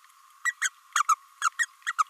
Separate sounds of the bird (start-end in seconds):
0.45-0.53, 0.61-0.69, 1.41-1.49, 1.59-1.66, 1.86-1.92, 1.98-2.03